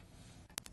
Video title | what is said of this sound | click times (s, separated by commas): World of Watches TV Show: 9/14/2015 | and put the watch off and on and then to snap back into place this is | 0.6 s, 0.7 s